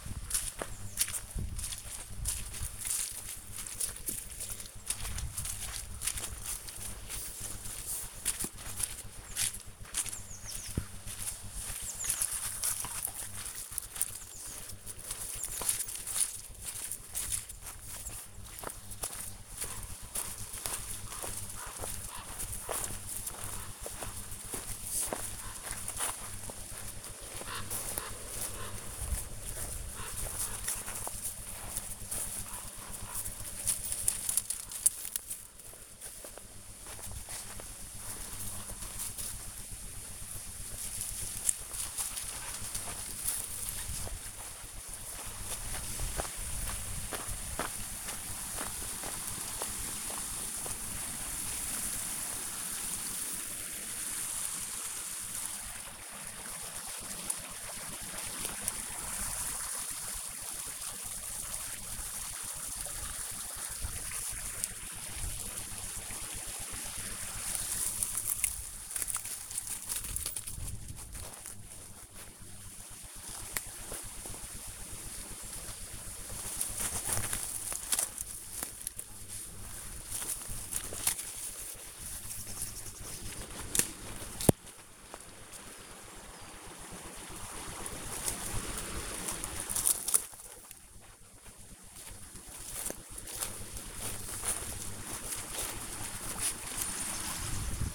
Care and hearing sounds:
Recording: household activities, microphone on the right wrist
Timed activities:
0.00-97.95 s: going for a walk with dog

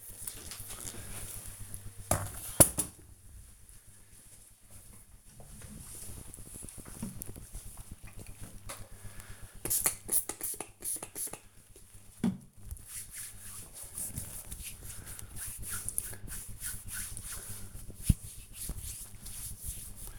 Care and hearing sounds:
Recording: household activities, microphone on the right wrist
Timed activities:
8.39-20.19 s: disinfecting hands

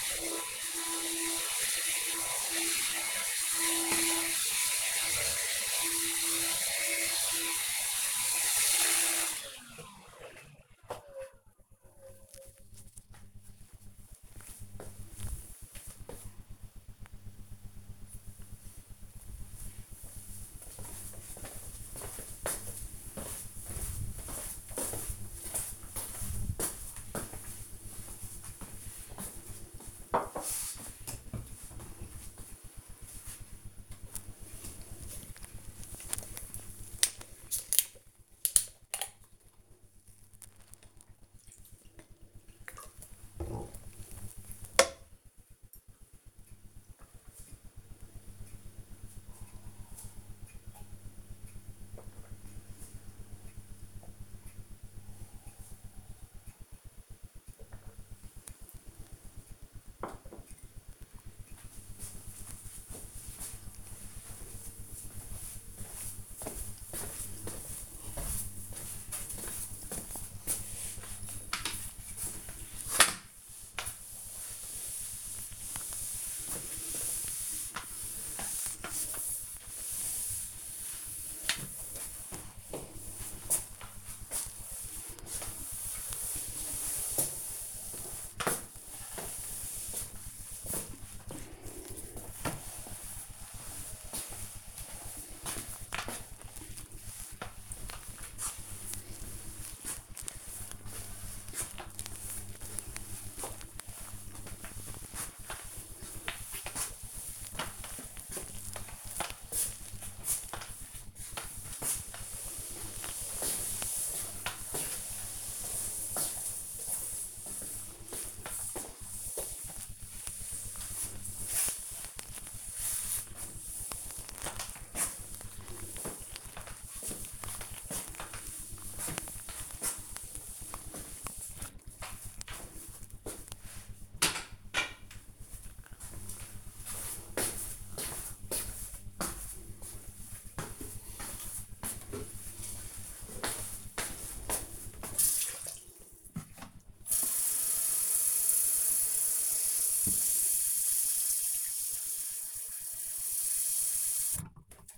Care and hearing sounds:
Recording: household activities, microphone on the right wrist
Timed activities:
0.00-9.21 s: vacuum cleaning
33.36-59.52 s: drinking
70.58-131.91 s: floor cleaning
141.97-154.98 s: watering plant

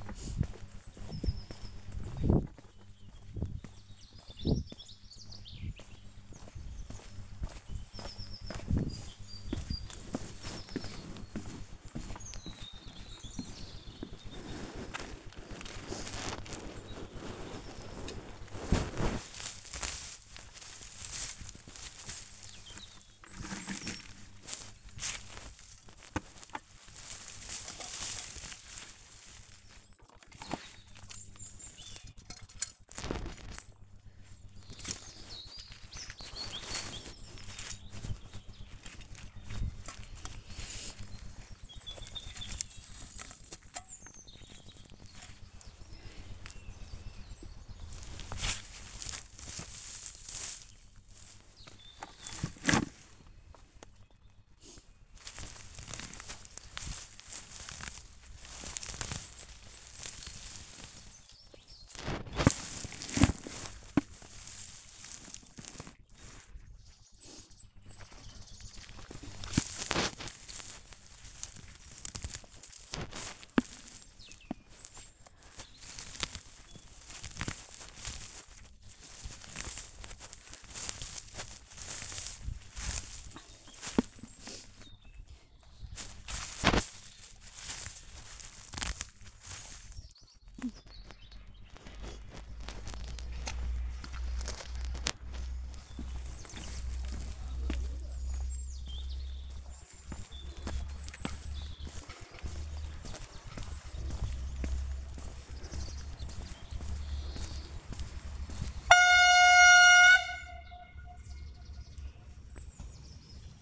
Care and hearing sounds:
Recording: household activities, microphone on the right wrist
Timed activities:
0.00-11.68 s: working in the garden
21.74-113.62 s: removing plants (near water)

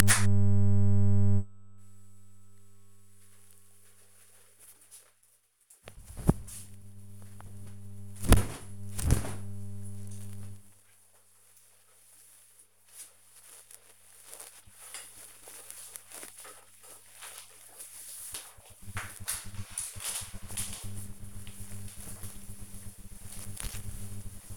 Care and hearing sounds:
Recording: household activities, microphone on the right wrist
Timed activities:
3.16-24.57 s: hanging up laundry

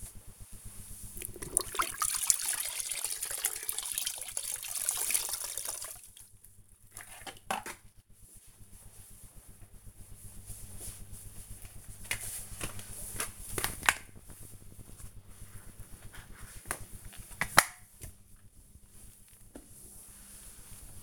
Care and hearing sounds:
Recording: household activities, microphone on the right wrist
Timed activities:
0.00-21.03 s: floor cleaning

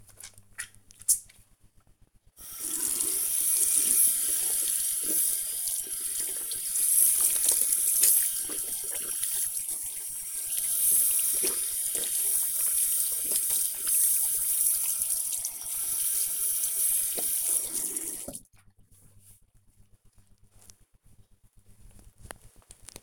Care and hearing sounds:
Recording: household activities, microphone on the right wrist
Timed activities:
0.00-18.52 s: washing hands

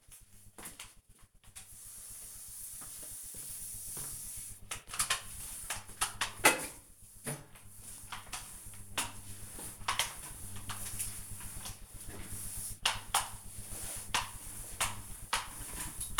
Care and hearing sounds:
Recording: household activities, microphone on the right wrist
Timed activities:
0.00-16.20 s: floor cleaning

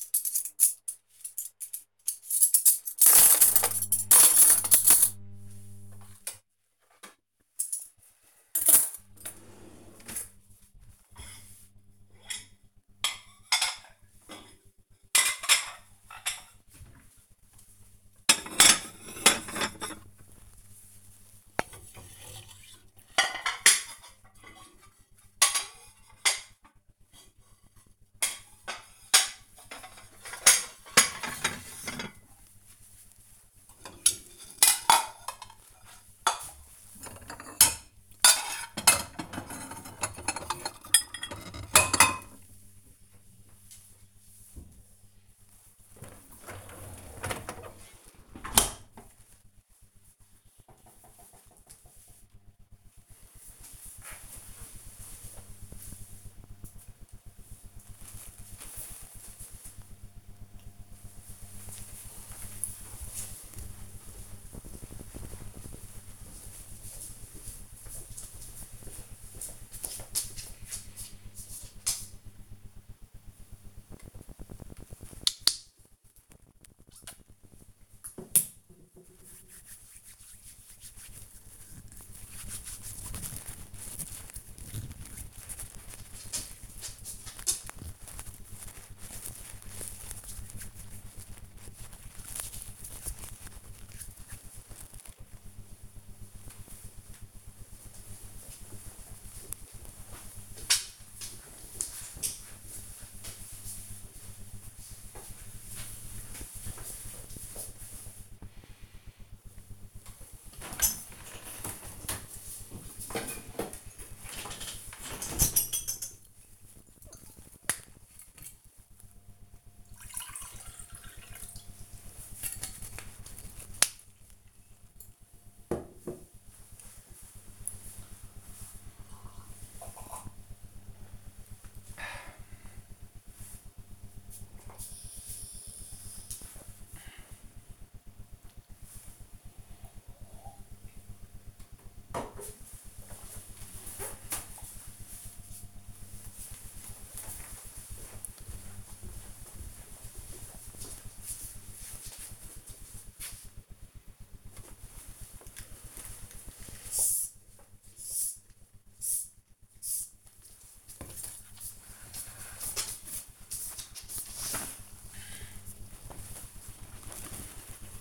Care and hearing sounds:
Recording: household activities, microphone on the right wrist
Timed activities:
0.00-43.07 s: cleaning out the dishwasher
73.25-94.37 s: disinfecting hands
109.46-141.65 s: drinking
153.74-168.01 s: window cleaning

